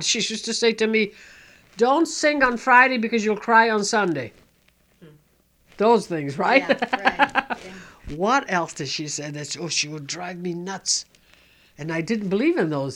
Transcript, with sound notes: She used to say to me, "Don't sing on Friday because you'll cry on Sunday." Those things, right? ( she laughs ) What else did she say? Oh, she would drive me nuts. And I didn't believe in those.